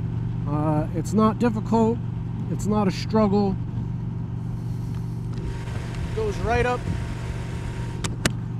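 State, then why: Seated. Someone talks over a steady low vehicle hum while raising and lowering the flip-up chin bar of an HJC i90 modular motorcycle helmet. The chin bar comes back down onto the helmet shell with a short click at 8.1 s, then a louder snap at 8.3 s as it latches closed and seats into place.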